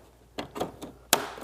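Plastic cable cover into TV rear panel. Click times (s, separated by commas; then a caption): 1.1 s. A plastic cable cover (CD3) is set on the right side of the back of a Sony 85-inch BRAVIA 9 TV with its notches facing left and pressed into the rear panel. Faint handling taps at about 0.4, 0.6 and 0.8 seconds lead to a sharp, bright snap at 1.1 seconds as the cover clicks into place and seats.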